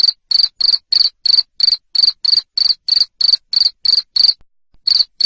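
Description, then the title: Cricket chirping loudly in a steady series of short buzzy pulses, about three per second, with one brief pause near the end. Loud cricket chirping used to stimulate lovebirds to sing (ngekek) continuously. "Suara JANGKRIK NGERIK Keras Bikin LOVEBIRD Jadi NGEKEK Terus Vubey"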